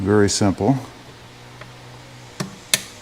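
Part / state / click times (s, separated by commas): wiring harness connector into the intake air sensor / seated / 2.7 s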